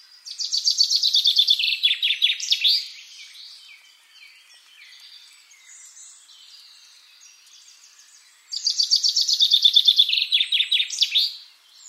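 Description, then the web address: Common chaffinch song given twice, each a bright descending trill with a flourish at the end, about eight seconds apart, with faint birds between. "SETE Fringilla coelebs"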